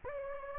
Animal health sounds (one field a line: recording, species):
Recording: mosquito wingbeat signal from an infrared sensor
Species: Anopheles gambiae